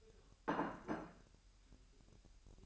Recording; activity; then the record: daily activity, microphone in the room; place plate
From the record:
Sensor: 2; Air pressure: 1001.9 hPa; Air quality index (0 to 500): 249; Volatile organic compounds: 40 ppm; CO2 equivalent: 3150 ppm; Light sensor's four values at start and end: 8/28/11/10 and 8/28/11/10